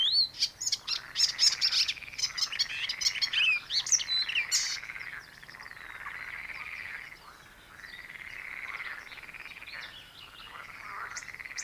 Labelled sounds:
Icterine Warbler (Hippolais icterina) song

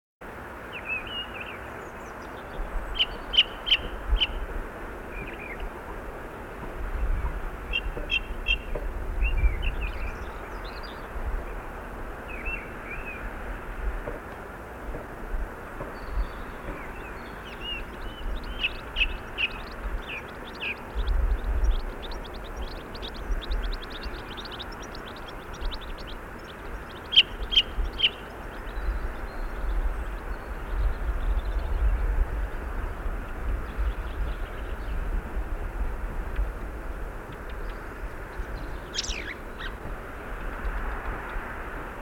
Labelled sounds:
Ring Ouzel (Turdus torquatus) song

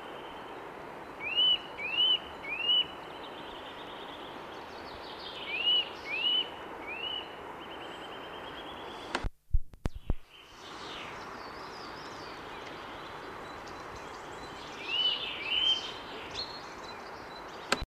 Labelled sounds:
Eurasian Nuthatch (Sitta europaea) song

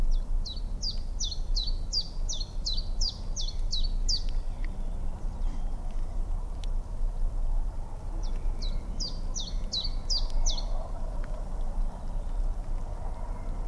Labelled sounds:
Common Chiffchaff (Phylloscopus collybita) song

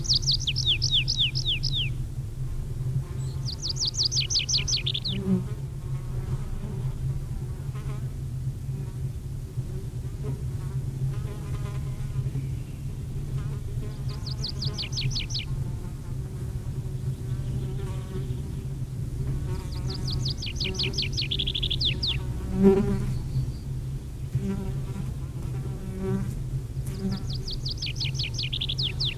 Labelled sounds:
Tree Pipit (Anthus trivialis) song

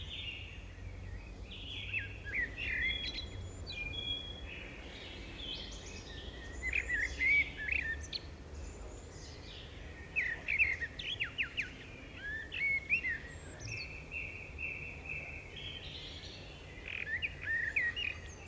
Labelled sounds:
Common Blackbird (Turdus merula) song

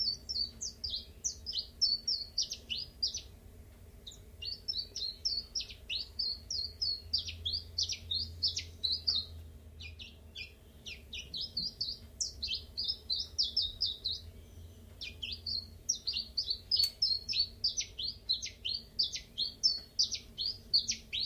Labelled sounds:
Common Chiffchaff (Phylloscopus collybita)

